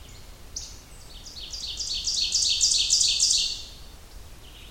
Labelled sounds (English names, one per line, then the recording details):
Ovenbird song
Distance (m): 15 m
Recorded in boreal forest in Alberta, Canada, on 30 June 2016 at 07:19
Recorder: SongMeter 3, array SBT-6-79
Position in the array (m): 45 m, 105 m
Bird 40